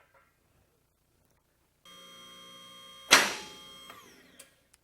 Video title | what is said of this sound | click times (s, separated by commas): Advantage Lifts Lift Installation Video | And so now I'll turn it on, and you'll listen to the lock, and you'll hear the one click, | 3.1 s